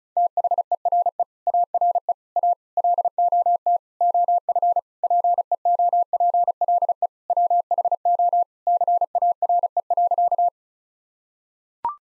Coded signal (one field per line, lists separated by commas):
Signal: Morse code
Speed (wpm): 36 wpm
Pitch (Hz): 700 Hz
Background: none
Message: THERE ARE A LOT OF PEOPLE WHO CARE.